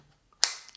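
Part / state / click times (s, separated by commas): camera remote into hand grip rail mount / seated / 0.4 s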